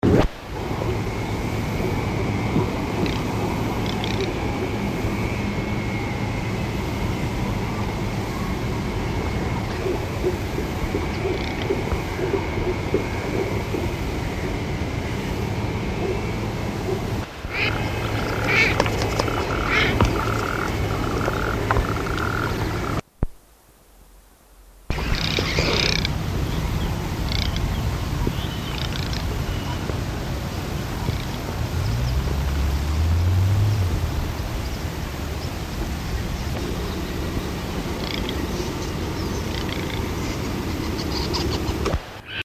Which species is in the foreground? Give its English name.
Garganey